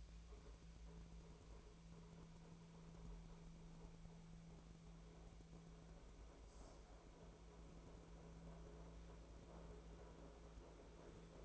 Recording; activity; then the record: daily activity, microphone in the room; make coffee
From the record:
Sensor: 1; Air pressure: 1009.4 hPa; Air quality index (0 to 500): 196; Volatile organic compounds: 19 ppm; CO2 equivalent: 2672 ppm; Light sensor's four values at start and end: 28/71/29/35 and 28/71/30/35